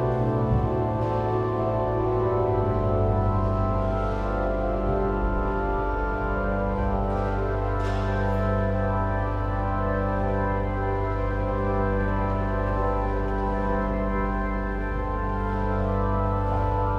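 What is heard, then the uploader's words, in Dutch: In the Sint Janskathedraal in Den Bosch, a pipe organ holds a full, loud chord with a deep rumbling bass and many layered higher tones. The chord stays steady for the whole stretch, with slow shifts in the middle voices and a few brief airy hisses near the start and around eight seconds. Sint Janskathedraal, Den Bosch, Netherlands. There was a service in proceedings for the celebration of Pentecost.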